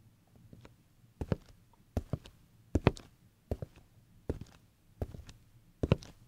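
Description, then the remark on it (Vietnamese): Slow, steady footsteps outside, about six or seven heavy thuds spaced evenly apart, each a sharp scuffing impact over a low hum, with no talking. “Quả thực là tiếng bước chân vang lên rất rõ.”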